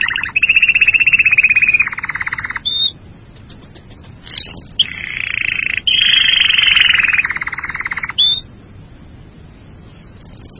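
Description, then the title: Bird song in two long bursts, each a loud buzzy, rapidly pulsed trill held for about three seconds, with a quiet pause between and faint high notes after. "burung online"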